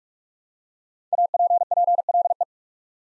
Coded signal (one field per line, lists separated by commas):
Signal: Morse code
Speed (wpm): 44 wpm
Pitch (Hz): 700 Hz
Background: none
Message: APPLE